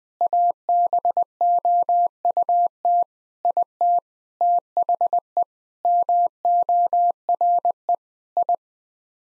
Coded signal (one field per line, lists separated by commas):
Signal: Morse code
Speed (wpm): 21 wpm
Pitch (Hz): 700 Hz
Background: none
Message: ABOUT IT THE MORE I